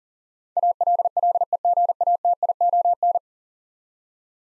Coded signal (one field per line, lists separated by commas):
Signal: Morse code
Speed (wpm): 40 wpm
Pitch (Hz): 700 Hz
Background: none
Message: ALLEGATION